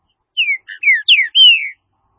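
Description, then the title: Green-winged saltator singing one rich phrase of five clear whistled notes, mostly slurring downward, the last one long and gently falling. "Trinca Ferro"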